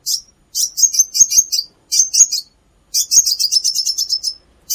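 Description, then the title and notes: Plain-throated sunbird song: very high, rapid twittering bursts with buzzy trilled notes, several phrases separated by short silences. Singing vigorously (gacor). "Kolibri Kelapa"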